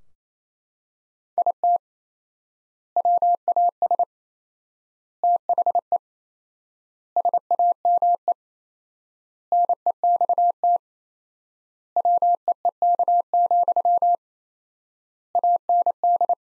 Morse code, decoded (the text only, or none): IT WAS THE SAME NEXT WEEK, AND